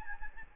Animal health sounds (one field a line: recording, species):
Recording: mosquito wingbeat signal from an infrared sensor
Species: Aedes albopictus